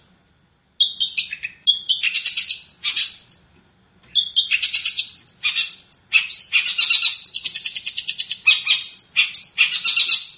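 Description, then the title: Long-tailed shrike song, a dense run of scratchy, chattering high notes in quick bursts, with a short pause near the start and another around four seconds. Combination song style. "Cendet Kombinasi"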